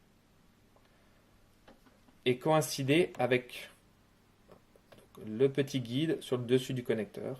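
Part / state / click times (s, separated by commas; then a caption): float cable plug into pool equipment connector / not seated / none. A float cable plug is held with its connector's latch trigger facing up and lined up with the small guide on top of a pool equipment connector, ready to be pushed in. Someone talks while a few faint ticks of handling are heard. Nothing has seated or clicked yet.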